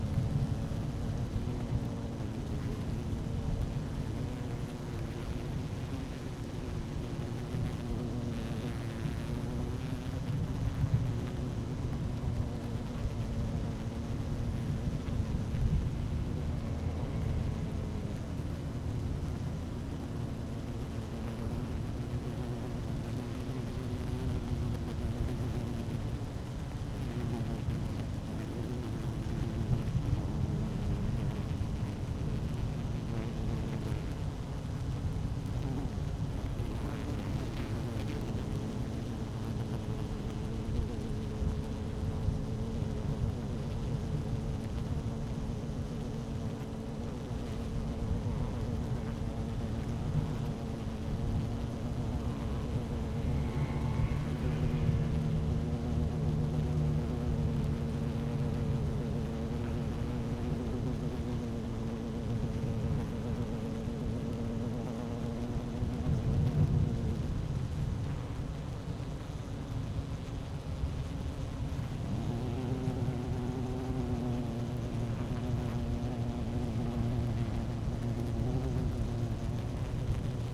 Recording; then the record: honeybee colony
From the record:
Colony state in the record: active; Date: 12 June 2018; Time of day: 12:10